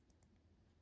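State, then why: Not seated. A Graf von Faber-Castell fountain pen's nib and feed assembly is being turned by hand into the grip section, with a few faint, light handling ticks over a low steady background hum. Nothing has seated or clicked into place yet.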